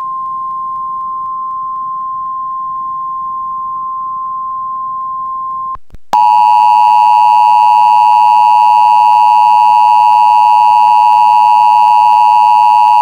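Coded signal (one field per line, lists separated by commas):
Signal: Emergency Alert System (SAME) tones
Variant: 853 and 960 Hz attention tone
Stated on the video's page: Fictional EAS scenario, not a real alert.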